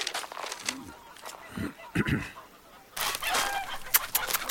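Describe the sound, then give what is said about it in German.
A flock of chickens being called and fed clucks in busy, overlapping bursts of short, choppy calls, growing louder and denser in the second half. “Kommt, ihr Hühner, kommt. So ist gut. Fresst euch satt, damit ihr einen feinen Braten fürs Mondfest abgebt.”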